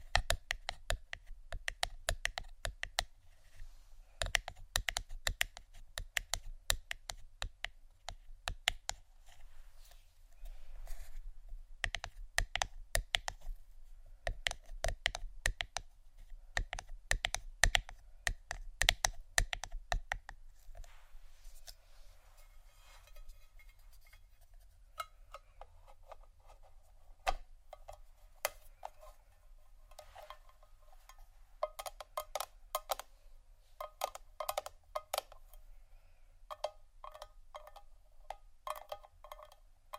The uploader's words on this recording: ASMR Sleepy Tapping (book, Wood, Ceramic, Egg, Etc ) (No Talking).